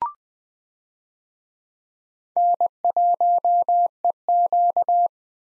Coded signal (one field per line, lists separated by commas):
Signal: Morse code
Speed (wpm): 20 wpm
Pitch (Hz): 700 Hz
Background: none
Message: N1EQ